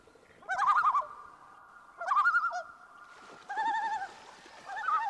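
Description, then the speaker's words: Common Loon tremolo: quavering, laughing bursts, four rapid wavering phrases about one and a half seconds apart, with echoing reverberation. Tremolo call, seems to be used to express alarm or distress. "This next call is the tremolo. It seems to be used to express alarm or distress."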